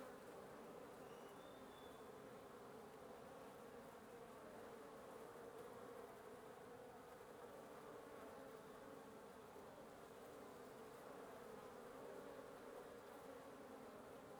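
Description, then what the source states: Continuous wasp buzzing, a thick low drone of many wings, with a brief faint high chirp near the start. Wasp nest under the roof of the recordist's residence at 1a Avenida Norte 19, Antigua Guatemala, Guatemala; recorded in the morning; headphone listening recommended.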